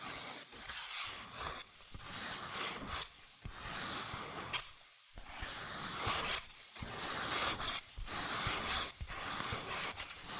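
Fast scratching and tracing on cardboard or paper, a dense, dry rustle that runs nearly without pause. Quick taps and strokes pile up at an irregular pace, with brief near-silent gaps around the first, fifth and seventh seconds. The sound is mostly bright and hissy.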